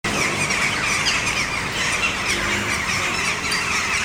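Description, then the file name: Common starlings in a massed chorus of overlapping squeaks and harsh chirps, steady and continuous throughout, over a low rumbling background. Starlings in trees, Selçuk, 20 October 2020. "2020 10 20 selcuk starlings in trees"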